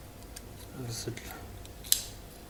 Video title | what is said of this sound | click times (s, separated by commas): 4: Hiller 450V2 - Frame installation - 1 | this is a nice fit you could hear that click sound | 1.9 s